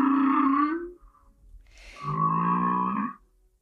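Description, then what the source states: Humpback whale song: two drawn-out tonal units, the first a low rising moan, the second a buzzy, rising wail rich in harmonics, separated by a quiet gap of about a second. Recorded song played back on the radio.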